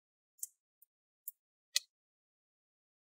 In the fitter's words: and then now you want to squeeze the corners you want to hear those click sounds